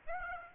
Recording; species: mosquito wingbeat signal from an infrared sensor; Aedes aegypti